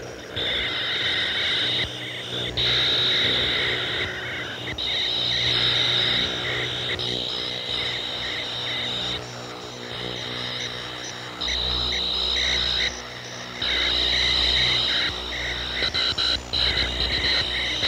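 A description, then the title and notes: Electronic crickets chirp in a steady, bright band, switching on and off in blocks every second or two rather than pulsing naturally. Beneath them runs a low, wavering hum that swells louder around the twelfth second and again near the end. Source recording of electronic crickets over Ohio circa summer 1995.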